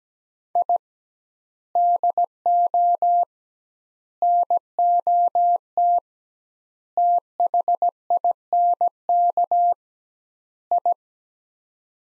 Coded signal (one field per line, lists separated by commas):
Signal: Morse code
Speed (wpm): 17 wpm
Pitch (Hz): 700 Hz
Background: none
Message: I DO NOT THINK I